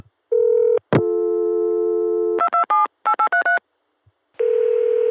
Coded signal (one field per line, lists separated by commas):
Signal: DTMF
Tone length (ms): 110 ms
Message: 2278833